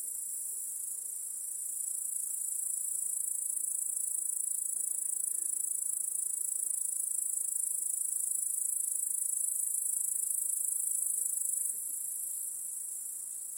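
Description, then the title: Crickets keep up an unbroken, piercing high trill, growing a little louder midway and easing off near the end. Cricket chorus in a home backyard at night. "Crickets in Your Backyard"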